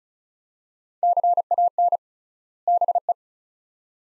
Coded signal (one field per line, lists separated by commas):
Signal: Morse code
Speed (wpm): 34 wpm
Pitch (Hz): 700 Hz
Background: none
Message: CAN BE